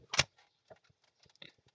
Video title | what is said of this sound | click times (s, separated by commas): How to install Eonon M3BLA13 radio into 2010-2013 Mazda3 | It just pops right in. | 0.1 s, 0.2 s